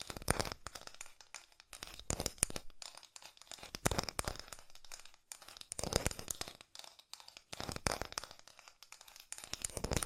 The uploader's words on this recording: ASMR Fast Tapping for The Most Tingles (No Talking).